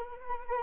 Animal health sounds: mosquito wingbeat signal from an infrared sensor; Anopheles arabiensis

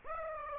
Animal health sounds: mosquito wingbeat signal from an infrared sensor; Aedes aegypti

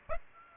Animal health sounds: mosquito wingbeat signal from an infrared sensor; Aedes aegypti

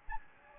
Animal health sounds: mosquito wingbeat signal from an infrared sensor; Anopheles gambiae

